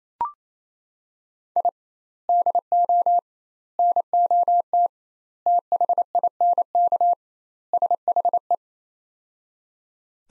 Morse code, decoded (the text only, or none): I DO NOT THINK SHE